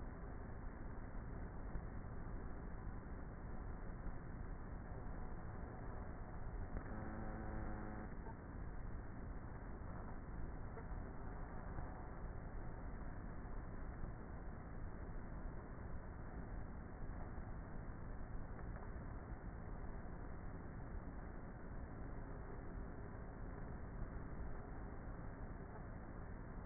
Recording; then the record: honeybee colony, microphone inside the hive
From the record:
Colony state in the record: queenless with a low population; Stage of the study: before two queens were removed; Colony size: about 30,000 bees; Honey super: no